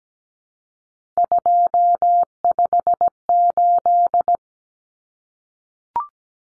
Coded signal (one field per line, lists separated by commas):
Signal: Morse code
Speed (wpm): 17 wpm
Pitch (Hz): 700 Hz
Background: none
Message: 258